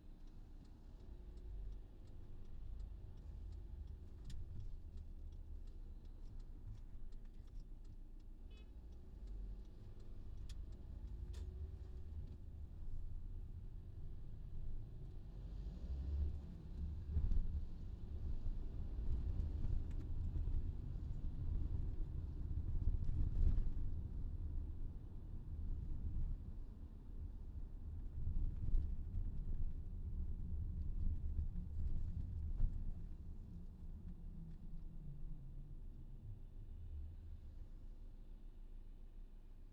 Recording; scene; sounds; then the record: everyday scene through a hearing-aid microphone; in a vehicle; engine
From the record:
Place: VW T5 Caravelle, diesel engine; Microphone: in the ear canal, left